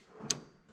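While a new feed chain is fitted on a BOSS VBX 8000 wood chipper, a steel connecting bolt pushed through a chain link is spun until it drops into a notch. A single sharp metallic tick at 0.3 s marks the bolt locking into the notch, seated so the cotter pin can go through.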